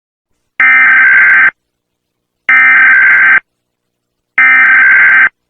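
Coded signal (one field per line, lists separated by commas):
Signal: Emergency Alert System (SAME) tones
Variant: header bursts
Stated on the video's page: Simulated, fictional EAS alarm.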